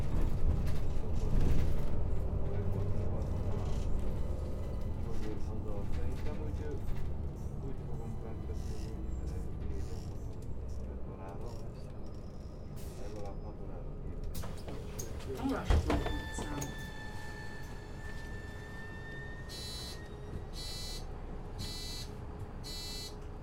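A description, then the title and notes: A bus runs with a dense, low rumble that is loudest in the first seven seconds, then settles into a steadier, quieter drone. Around the fifteen-second mark a sharp clunk rings out, followed by a sustained whine and bursts of hissing air. Bus #105.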